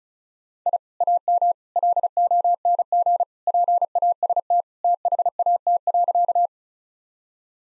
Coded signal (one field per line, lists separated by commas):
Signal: Morse code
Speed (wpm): 34 wpm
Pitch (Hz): 700 Hz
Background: none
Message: I AM LONG PAST THAT.